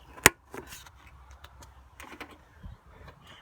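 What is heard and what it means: A 2011 Jeep Grand Cherokee 5.7L HEMI's sensor wiring connector is pushed onto the sensor on the engine air intake, and a sharp, loud click is heard at 0.3 s as it latches and seats. Softer clicks and handling noises follow through the rest of the clip, with no talk.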